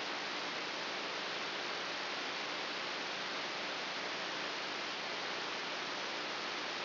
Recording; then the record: brain microelectrode recording played as sound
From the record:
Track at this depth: inside the subthalamic nucleus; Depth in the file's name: 3.202 mm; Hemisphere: right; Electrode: 3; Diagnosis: Parkinson's disease